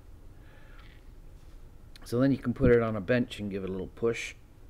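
The cover of a 2.1mm barrel plug sits on its body, on a 9V battery clip lead, and is being pushed against a bench to seat it. Someone talks from about 2.0 s to 4.4 s over a quiet background with a faint soft sound near 0.5–0.9 s. The cover has not snapped home yet, and nothing has seated or clicked.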